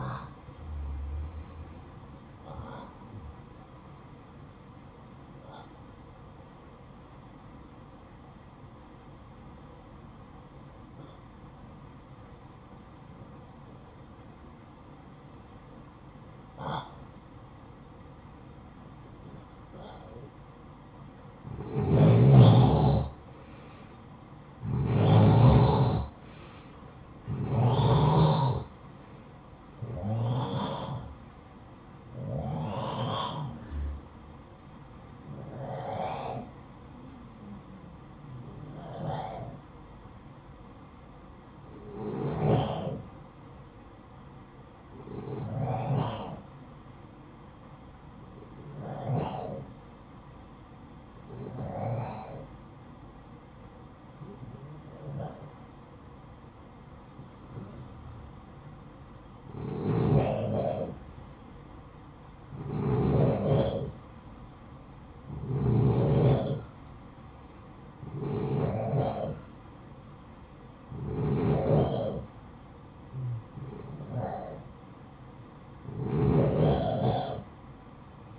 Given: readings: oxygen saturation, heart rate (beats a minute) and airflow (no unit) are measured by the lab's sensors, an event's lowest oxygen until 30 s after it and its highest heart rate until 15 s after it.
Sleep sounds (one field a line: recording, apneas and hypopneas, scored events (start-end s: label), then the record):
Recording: breathing in sleep by a smartphone at the bedside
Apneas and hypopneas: 2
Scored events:
7.00-24.40 s: hypopnea (N1, oxygen 94% highest, then 88% lowest, heart rate 62 at the start, 68 highest)
34.00-66.90 s: hypopnea (N1, oxygen 94% highest, then 89% lowest, heart rate 59 at the start, 63 highest)
44.00-78.38 s: new sleep stage, N2 (light sleep)
From the record:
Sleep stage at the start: N1 (lightest sleep)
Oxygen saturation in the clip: 88 to 94%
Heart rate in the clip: 52 to 75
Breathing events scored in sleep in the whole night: 573 in 9.8 hours asleep